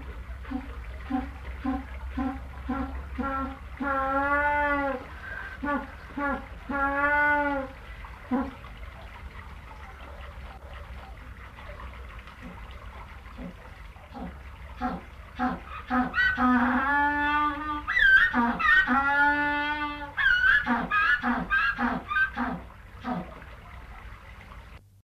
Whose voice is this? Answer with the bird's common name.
African Penguin